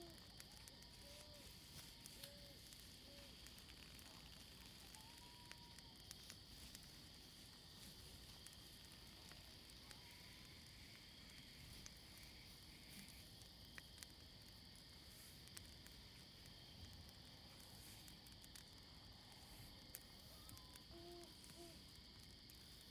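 A campfire crackles steadily, with dense small pops and snaps scattered throughout. Behind it runs a soft, even hiss like a light breeze, and a few faint bird or owl-like calls drift in now and then.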